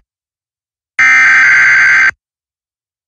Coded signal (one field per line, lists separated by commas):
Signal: Emergency Alert System (SAME) tones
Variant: header bursts